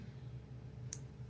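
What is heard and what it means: The pivoting head of a Wuben G5 EDC flashlight is rotated against its body until it clicks into a detent position. A single sharp, bright click is heard at 0.9 s over a low steady hum. The head is confirmed seated in the detent.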